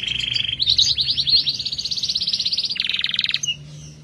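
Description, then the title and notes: Canary delivering a brief fast trill that rises in pitch, then shifts to a lower pulsed rattle before stopping abruptly. Therapy recording for a canary that has stopped singing; F1 canary. "#18. TERAPI KENARI MACET. Kenari F1"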